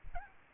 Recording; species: mosquito wingbeat signal from an infrared sensor; Aedes albopictus